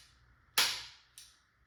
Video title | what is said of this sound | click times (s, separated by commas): Tippmann Tmc/Byrna Mission 4 - Delrin Bolt, Drilled Valve, Shimmed, Lightened and Polished | right at the end we hear it click there | 0.6 s